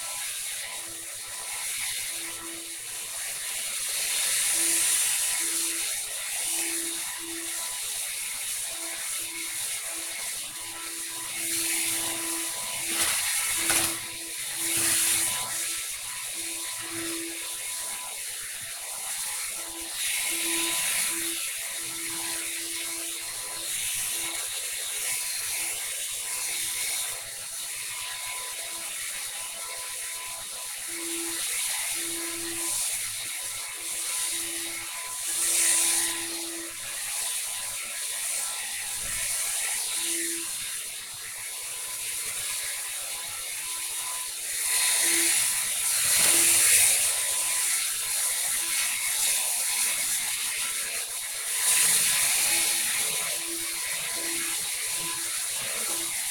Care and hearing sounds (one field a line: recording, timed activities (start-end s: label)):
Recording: household activities, microphone on the right wrist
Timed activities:
0.00-56.31 s: vacuum cleaning